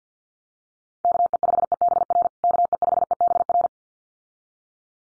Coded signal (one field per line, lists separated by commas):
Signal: Morse code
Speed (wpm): 50 wpm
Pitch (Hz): 700 Hz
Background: none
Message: KE5EBR KE5EBR